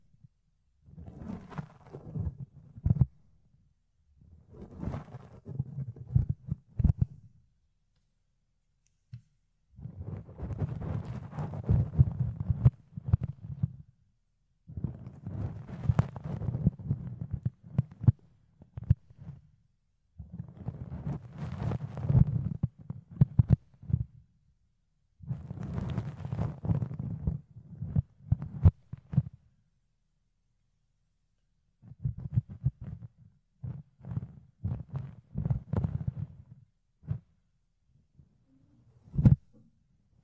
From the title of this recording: Fluffy Ear Cleaning, Ear Picking